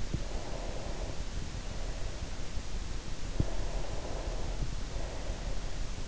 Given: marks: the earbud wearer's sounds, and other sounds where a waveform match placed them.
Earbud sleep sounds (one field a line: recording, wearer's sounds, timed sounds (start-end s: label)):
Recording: sounds in sleep by an in-ear microphone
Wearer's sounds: breath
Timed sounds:
0.31-2.39 s: breath
3.30-5.90 s: breath